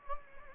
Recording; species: mosquito wingbeat signal from an infrared sensor; Anopheles gambiae